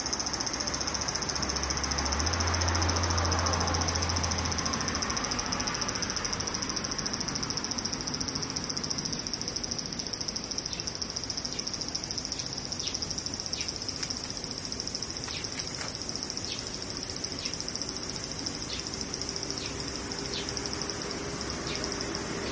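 Cicadas drone in a steady, unbroken shrill buzz, with several high whining layers stacked together. A low rumble sits underneath for the first few seconds. Around the middle, a string of short, sharp ticks cuts in at irregular intervals.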